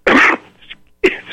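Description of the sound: A harsh, explosive cough burst from an adult man, followed by the start of a second, in a hoarse speaker.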